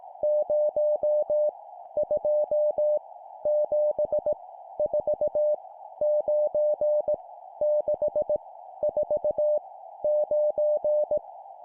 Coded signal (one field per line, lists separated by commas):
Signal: Morse code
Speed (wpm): 18 wpm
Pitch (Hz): 600 Hz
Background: none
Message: 0 2 7 4 9 6 4 9